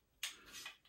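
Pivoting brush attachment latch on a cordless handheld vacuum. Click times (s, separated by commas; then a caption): 0.2 s. The plastic pivoting brush attachment latch on a TROUVER Power 11 cordless handheld vacuum is swung forward and back, and its detent mechanism clicks open with a sharp, bright click at 0.2 s. A fainter tick follows near 0.8 s as the latch is released.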